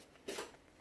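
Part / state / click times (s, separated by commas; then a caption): separation pad into printer paper-feed holder / not seated / none. A tray separation pad is handled and pushed toward its holder in the paper feed of an HP LaserJet M652/M653/M681/M682/E67560/E67550 printer, with a short broadband scraping rustle from about 0.3 to 0.45 s and a faint tick near 0.7 s. Nothing has seated or clicked into place yet.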